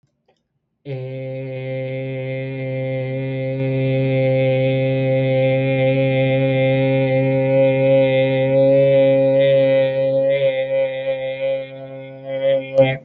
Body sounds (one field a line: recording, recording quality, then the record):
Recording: sustained vowel as in made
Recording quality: excellent, no background noise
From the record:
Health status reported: healthy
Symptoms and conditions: none ticked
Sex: male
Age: 25 years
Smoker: yes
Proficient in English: yes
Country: Canada